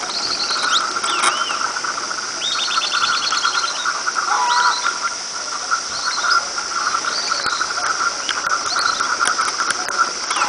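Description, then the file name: Bird calls: rapid series of high chipping notes and short rising whistles over a steady droning hum and background hiss. "SABIOD 50 bird 2015"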